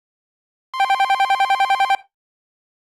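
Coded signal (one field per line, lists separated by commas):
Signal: none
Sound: phone's electronic ringtone warble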